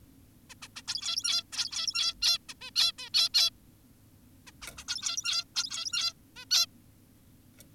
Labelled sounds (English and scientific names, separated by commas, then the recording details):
Zebra Finch (Taeniopygia guttata)
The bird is an adult
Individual g17y2U